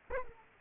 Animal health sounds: mosquito wingbeat signal from an infrared sensor; Culex quinquefasciatus

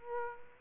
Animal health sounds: mosquito wingbeat signal from an infrared sensor; Aedes aegypti

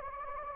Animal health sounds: mosquito wingbeat signal from an infrared sensor; Anopheles gambiae

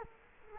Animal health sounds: mosquito wingbeat signal from an infrared sensor; Culex quinquefasciatus

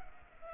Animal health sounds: mosquito wingbeat signal from an infrared sensor; Culex pipiens

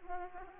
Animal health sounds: mosquito wingbeat signal from an infrared sensor; Aedes aegypti

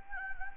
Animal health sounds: mosquito wingbeat signal from an infrared sensor; Anopheles gambiae

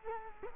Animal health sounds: mosquito wingbeat signal from an infrared sensor; Culex quinquefasciatus

